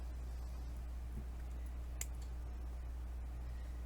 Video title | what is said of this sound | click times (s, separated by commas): Champagne Keychain or what to do with the evidence! | again i'm just going to twist them this way towards each other until i hear that snap | 2.0 s